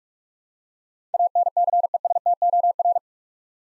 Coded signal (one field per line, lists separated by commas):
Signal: Morse code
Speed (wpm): 46 wpm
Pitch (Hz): 700 Hz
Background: none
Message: ANCESTOR